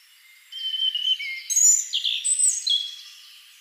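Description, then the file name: European robin song: a rapid run of high, thin slurred notes and trills after a quiet start, fading back into hiss. "Erithacus rubecula"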